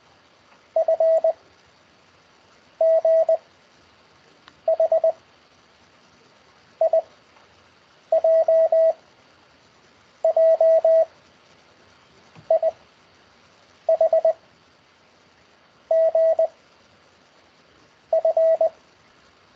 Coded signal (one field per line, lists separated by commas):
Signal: Morse code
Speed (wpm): 20 wpm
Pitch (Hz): 650 Hz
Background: none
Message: F G H I J J I H G F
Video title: CW Morse Code over Skype Lesson Six (Session One)